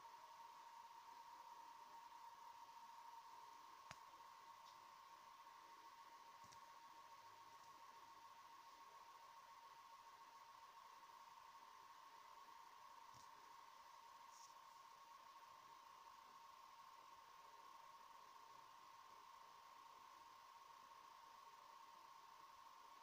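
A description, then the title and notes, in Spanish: A NavTex maritime transmission comes through as a steady band of hiss. A thin, unbroken tone runs the whole way, brighter for the first few seconds. A few brief clicks break in, around four seconds, near six, and again at thirteen and fourteen seconds. Recibiendo transmisión marítima NavTex con Tecsun PL-880 y FLDigi en 519 kHz LSB (LW) desde Mar del Plata (Argentina).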